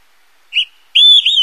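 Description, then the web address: Olive-sided flycatcher song: a short clipped note, then a brief pause and a loud, slurred two-part whistle, the second part slightly lower. North America. "Songs of Birds of North America Stokes. Olive-sided Flycatcher"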